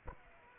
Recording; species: mosquito wingbeat signal from an infrared sensor; Aedes aegypti